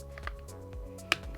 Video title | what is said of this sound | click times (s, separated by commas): They Dropped a Cup On it, Lenovo ThinkPad P15a Screen Replacement #140 | there we go you can hear all the clips clicking back in | 0.2 s, 0.3 s, 1.1 s